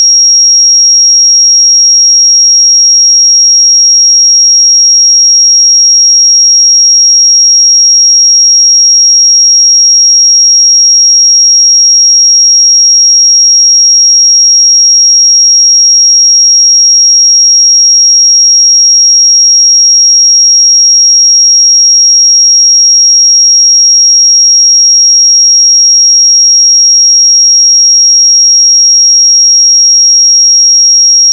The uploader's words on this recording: 5606 Hz 1 Hz Interval Sine Pure Tone. 441000 Sample Mono.